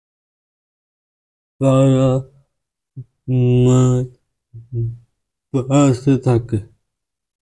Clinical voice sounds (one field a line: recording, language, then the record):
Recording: elicited speech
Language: Bengali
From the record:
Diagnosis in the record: Broca's or global aphasia after a stroke